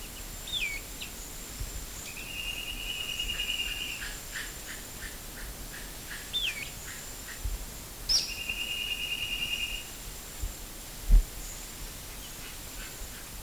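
Bird calls: short curling whistled notes near the start and middle, and two long buzzy high trills, over steady background noise.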